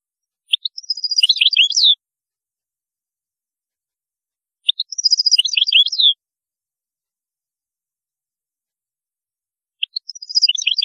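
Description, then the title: European goldfinch: songbird phrases of quick high twittering notes, each about a second and a half long, repeated roughly every four seconds with silence between. "Chant Chardonneret"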